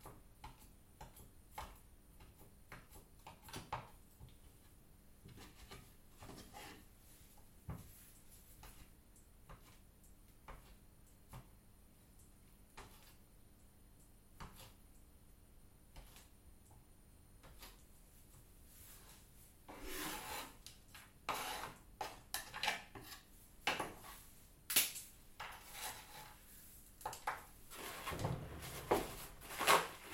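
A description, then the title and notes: Bakery sounds of scattered knocks and utensil clinks over a low steady hum, growing busier and louder after twenty seconds with rustling clatter. Early morning Valencian bakery ambience. It's 04:30 AM in one of Valencia's oldest bakeries, Forn Desamparats. The bakery assistant begins preparations before opening at 06:30 AM. Recorded by Carlos Berrizbeitia.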